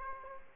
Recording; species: mosquito wingbeat signal from an infrared sensor; Aedes aegypti